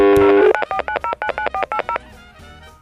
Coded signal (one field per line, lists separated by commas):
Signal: DTMF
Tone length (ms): 90 ms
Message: 949099480